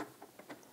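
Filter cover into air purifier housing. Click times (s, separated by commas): 0.2 s, 0.4 s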